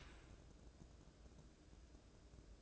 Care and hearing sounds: daily activity, microphone in the room; open dishwasher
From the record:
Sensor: 2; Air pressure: 1012.2 hPa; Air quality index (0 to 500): 136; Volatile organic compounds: 2 ppm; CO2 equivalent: 1002 ppm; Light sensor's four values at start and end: 315/771/314/320 and 316/775/315/322

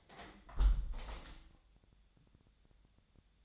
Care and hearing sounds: daily activity, microphone in the room; close window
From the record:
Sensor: 3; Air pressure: 1014.9 hPa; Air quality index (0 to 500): 25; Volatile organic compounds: 0 ppm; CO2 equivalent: 502 ppm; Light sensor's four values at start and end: 9/22/9/9 and 9/22/9/9

